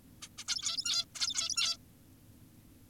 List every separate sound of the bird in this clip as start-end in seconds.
0.22-0.28, 0.38-0.44, 0.47-1.05, 1.15-1.77